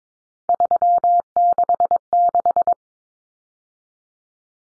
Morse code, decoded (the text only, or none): 366